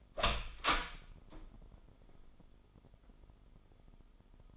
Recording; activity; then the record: daily activity, microphone in the room; open door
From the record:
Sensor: 5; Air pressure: 996.2 hPa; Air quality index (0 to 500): 30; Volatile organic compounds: 1 ppm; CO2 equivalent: 546 ppm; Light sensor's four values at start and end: 43/101/42/44 and 43/101/42/44